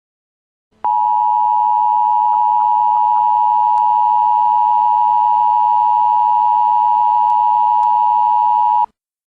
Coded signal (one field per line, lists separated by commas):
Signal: Emergency Alert System (SAME) tones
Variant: 853 and 960 Hz attention tone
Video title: EAS SCENARIO #2 - A-Hole